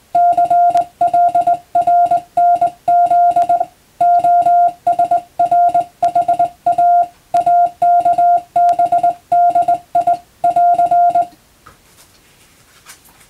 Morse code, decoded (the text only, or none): CLRNZ OSRHA AKBDI <AR>